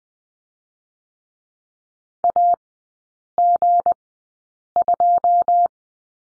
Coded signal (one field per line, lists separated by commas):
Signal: Morse code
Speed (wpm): 20 wpm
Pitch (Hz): 700 Hz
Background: none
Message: AG2